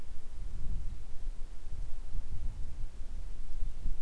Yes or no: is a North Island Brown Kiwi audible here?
no